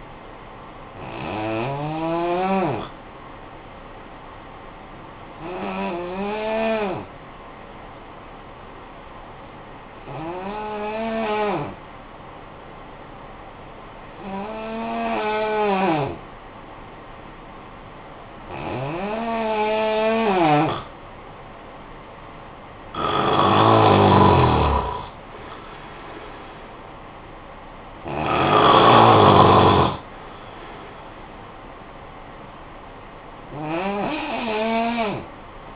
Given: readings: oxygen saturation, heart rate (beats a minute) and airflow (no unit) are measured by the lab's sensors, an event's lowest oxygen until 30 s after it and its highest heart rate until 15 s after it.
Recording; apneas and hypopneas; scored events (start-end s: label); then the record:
breathing in sleep by a voice recorder at the bedside; 1
4.00-19.80 s: hypopnea (N2, oxygen 91% highest, then 88% lowest, heart rate 60 at the start, 66 highest)
From the record:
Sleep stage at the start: N2 (light sleep); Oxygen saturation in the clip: 88 to 93%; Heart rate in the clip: 50 to 66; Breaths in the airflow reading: 8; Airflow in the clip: -12.8 to 7.5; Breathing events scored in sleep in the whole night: 445 in 7.6 hours asleep